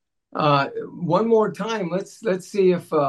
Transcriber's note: none